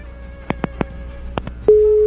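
A caller's phone line on a radio call-in program crackles with a handful of sharp clicks over low hum as the call drops, then a steady mid-pitched busy tone sounds and holds loudly to the end.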